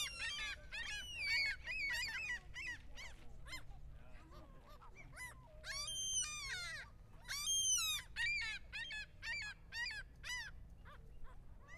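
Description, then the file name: Gulls calling in rapid, overlapping series of harsh harmonic yelps and wails, coming in clusters with short gaps between them. Noisy gulls calling with people in the background. "Noisy Seagulss People"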